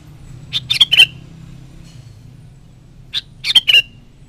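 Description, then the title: Sooty-headed bulbul singing two short bubbly phrases about two and a half seconds apart, each a quick run of liquid notes. "Kutilang"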